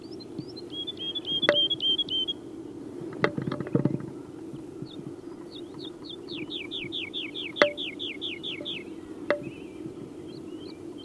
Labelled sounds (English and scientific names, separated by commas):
Wood Lark (Lullula arborea) song